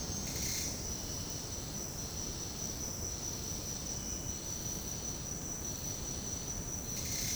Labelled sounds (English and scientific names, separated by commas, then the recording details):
none
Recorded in secondary vegetation near Puerto Asís, Putumayo, Colombia, on 19 February 2024 at 08:30
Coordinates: 0.468, -76.324
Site G6381